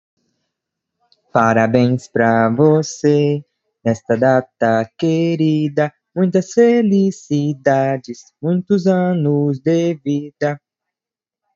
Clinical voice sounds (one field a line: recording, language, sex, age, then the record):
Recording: short text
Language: Brazilian Portuguese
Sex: male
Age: 20 to 29 years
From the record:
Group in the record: control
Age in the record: 22 years